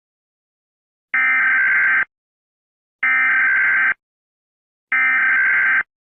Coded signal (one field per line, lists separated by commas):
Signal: Emergency Alert System (SAME) tones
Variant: header bursts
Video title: Oswald: EAS Scenario Part 2